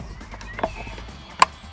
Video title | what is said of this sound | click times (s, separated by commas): BMW F800ST Oil Service | nice little click and | 1.4 s